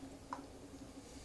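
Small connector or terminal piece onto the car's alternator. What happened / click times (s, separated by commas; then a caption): The connector snapped into place / 0.3 s. A small plastic connector or terminal piece is popped back onto the alternator of a Saab 900 during reassembly. A short, sharp click sounds at 0.3 s over a steady low hum, and the connector is seated.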